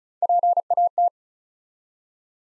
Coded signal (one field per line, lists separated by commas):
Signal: Morse code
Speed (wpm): 36 wpm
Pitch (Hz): 700 Hz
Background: none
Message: PAT